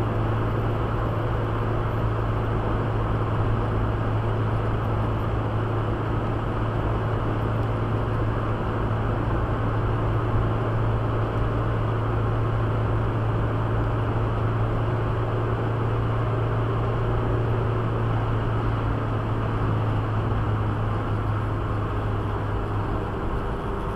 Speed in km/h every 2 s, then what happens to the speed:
103, 104, 104, 104, 104, 104, 105, 105, 108, 104, 99, 96.
0-17 steady at about 104. 17-24 slows to 96.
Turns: none.